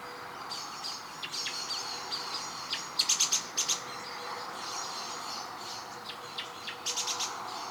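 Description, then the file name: Common blackbird calls, short sharp high clicks in tight clusters around three seconds and again near seven, with a constant low hum beneath. "Turdus merula"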